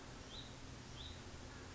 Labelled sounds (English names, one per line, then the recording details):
Hutton's Vireo
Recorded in Sonoma County, California